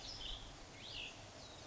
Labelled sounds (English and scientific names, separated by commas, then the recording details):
Cassin's Vireo (Vireo cassinii)
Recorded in Sonoma County, California